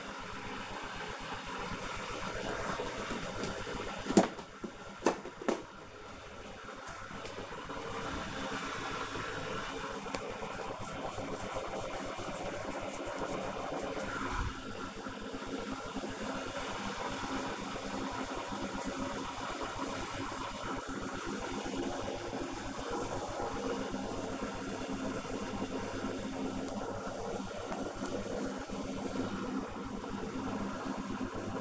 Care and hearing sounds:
household activities, microphone on the right wrist
0.00-31.61 s: making tea

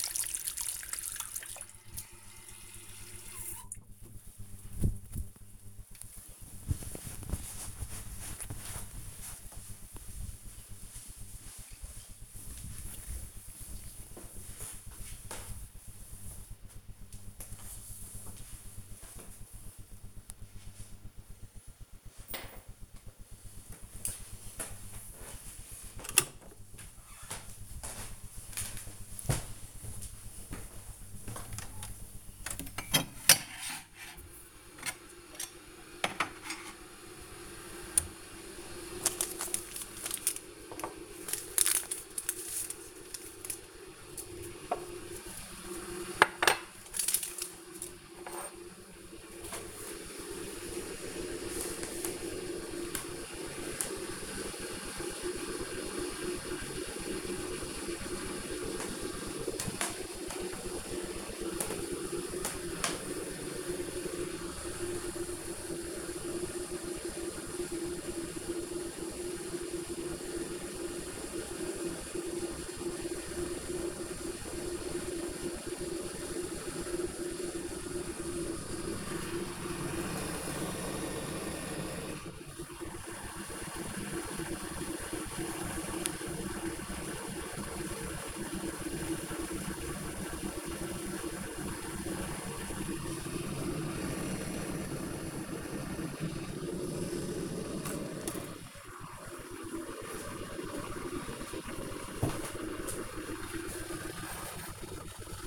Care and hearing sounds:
household activities, microphone on the right wrist
0.00-5.98 s: washing hands
22.08-105.47 s: making tea

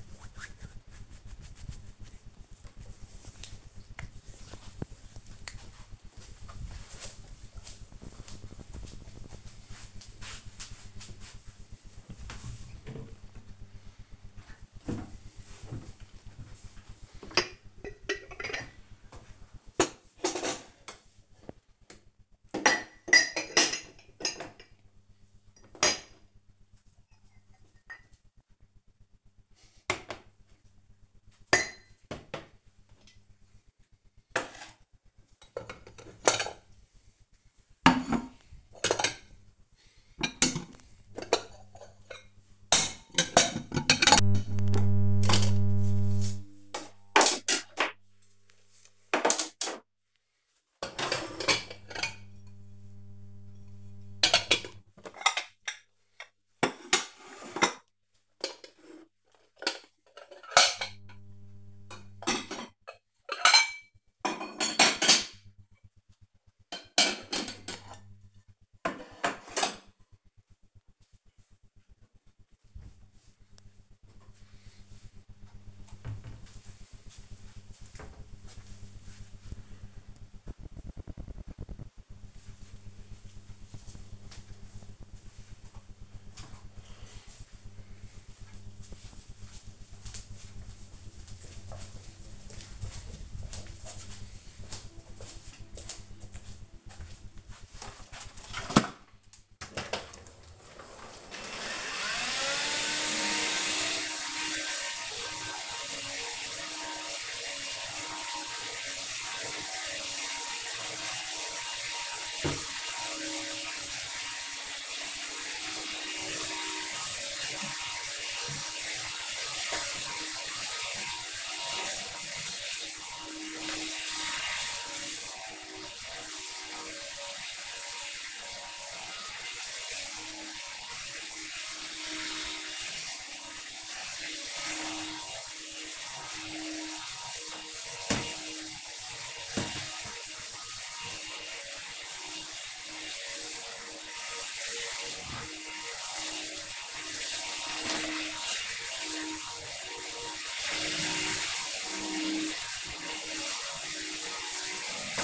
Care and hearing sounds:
household activities, microphone on the right wrist
0.00-1.68 s: cream hands
13.75-73.19 s: putting away the dishes
97.38-155.24 s: vacuum cleaning

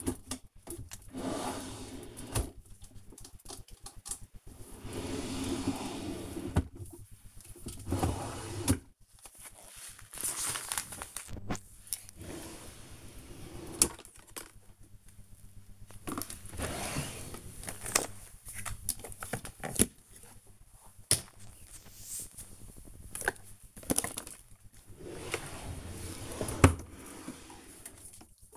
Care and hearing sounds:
household activities, microphone on the right wrist
0.00-28.57 s: tidy up the cupboard

